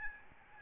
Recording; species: mosquito wingbeat signal from an infrared sensor; Aedes albopictus